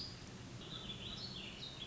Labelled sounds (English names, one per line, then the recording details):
Warbling Vireo
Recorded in Sonoma County, California